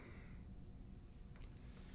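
A spring retainer clip is pushed in from the top onto a 2017 Jeep Compass door lock cylinder on a first try, producing only faint, brief sounds around 1.4 s over a low steady background hum. The clip has not seated or snapped into place yet.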